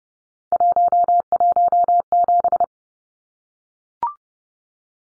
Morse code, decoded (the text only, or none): 117